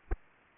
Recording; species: mosquito wingbeat signal from an infrared sensor; Aedes aegypti